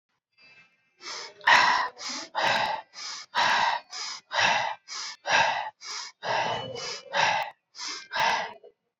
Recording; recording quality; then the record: shallow breathing; excellent, no background noise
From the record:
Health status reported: COVID-19 positive, mild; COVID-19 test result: positive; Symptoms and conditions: breathing difficulty, fever, loss of smell and taste, diabetes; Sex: male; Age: 42 years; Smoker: not ticked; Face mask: not worn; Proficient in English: yes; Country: India